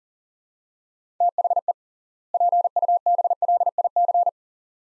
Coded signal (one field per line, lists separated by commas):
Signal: Morse code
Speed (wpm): 40 wpm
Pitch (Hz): 700 Hz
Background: none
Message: THE PUBLIC